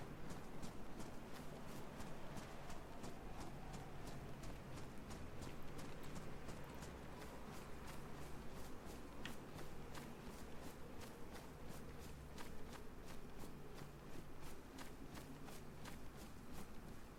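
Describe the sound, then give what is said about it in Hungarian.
A steady, quick patter of small trotting hooves as disturbed piglets run away, dozens of sharp taps in an even rhythm over a low rustling background, with no voices. “Megzavartam őket, ott szaladnak a malacok.”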